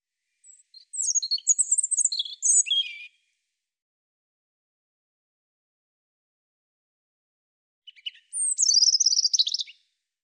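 European robin song, two bursts of high sparkling, wavering notes separated by about five seconds of silence, each phrase fast and varied.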